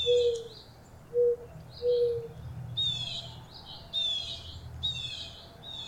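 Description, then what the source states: Birdsong of quick chirping phrases and trills, opened by three short low whistled notes, with a soft rumble of background noise throughout. Birds singing in a park.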